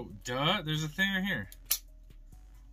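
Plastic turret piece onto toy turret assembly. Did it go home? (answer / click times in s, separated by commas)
yes / 1.7 s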